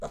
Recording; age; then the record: pig call; piglet (1 to 25 days)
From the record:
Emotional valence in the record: negative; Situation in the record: long isolation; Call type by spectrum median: low-frequency call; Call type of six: low-frequency tonal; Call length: 0.10 s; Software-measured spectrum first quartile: 344 Hz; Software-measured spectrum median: 609 Hz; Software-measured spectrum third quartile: 881 Hz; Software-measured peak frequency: 674 Hz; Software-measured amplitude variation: 110 dB a second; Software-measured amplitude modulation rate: 4.9 a second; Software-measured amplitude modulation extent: 22.4 dB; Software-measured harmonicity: 2.6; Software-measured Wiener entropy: -1.04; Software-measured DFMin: 606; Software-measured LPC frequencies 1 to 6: 634, 1275, 3432, 3909, 6510, 7243 Hz